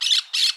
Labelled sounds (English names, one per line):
Brown-throated Parakeet contact call